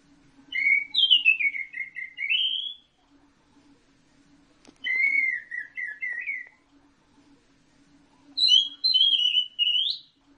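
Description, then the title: Orange-headed thrush delivering long warbled whistled phrases, rising and falling, three phrases spaced by pauses of about two seconds, faint hum and a click. "Burung Anis Merah"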